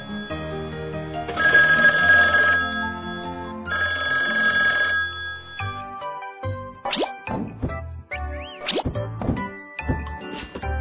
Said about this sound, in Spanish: Teléfono.